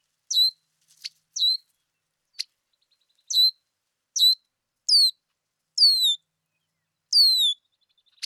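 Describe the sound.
Red-winged blackbird gives a string of high, falling slurred whistles, some sharper and clipped, about one each second, plus a few short click notes.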